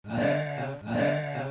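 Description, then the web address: Pig grunts: two deep, rough, drawn-out grunts in quick succession, each lasting most of a second, with a short dip between them. "Animaux Cochon"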